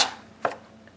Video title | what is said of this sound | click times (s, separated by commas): Unboxing And Using Electric Pressure Canner For The First Time #prestocanner #canning | and turn it until it clicks okay so that's secure | 0.4 s